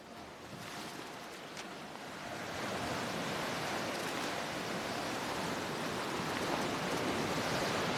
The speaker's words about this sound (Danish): Havet, det viser virkelig tænder her til morgen. Klokken den er snart 7:30, og solen den er lige stået op her på Lesbos. Det betyder, at jeg nu her fra strandbredden på den sydlige kyst af Lesbos kan se Tyrkiet i det fjerne.